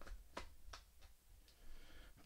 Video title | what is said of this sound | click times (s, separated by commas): ID Labs - Episode 10 - Upgrading a Casio CZ-101 | which I think might be a little stripped out | none